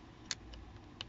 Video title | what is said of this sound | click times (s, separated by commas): 2019 2020 Kia Sorento Side Mirror Replacement How To (possibly 2016, 2017, and 2018 too) | like so push it in firm till it clicks | 0.3 s